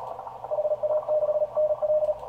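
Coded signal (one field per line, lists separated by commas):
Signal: Morse code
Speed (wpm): 38 wpm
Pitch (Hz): 610 Hz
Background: radio noise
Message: HA6NL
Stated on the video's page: 40 m CW minitest contest, keyed by CWTYPE software through a microHAM microKeyer 2 into an FT-1000MP Mark-V Field at 90 W.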